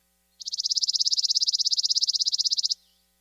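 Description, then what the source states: Chipping sparrow song: one dry, mechanical trill of many rapid identical notes at an even pace, lasting a little over two seconds, with nothing else audible. Dry, consistent mechanical trill likened to a sewing machine.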